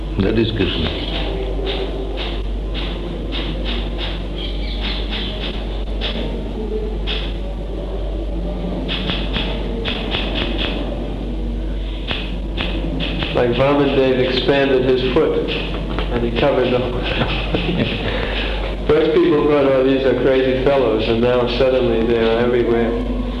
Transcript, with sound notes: That is Kṛṣṇa.
Like Vāmanadeva expanded His foot, and He covered the...
[laughs] Yes.
First people thought, "Oh these are crazy fellows," and now suddenly they are everywhere.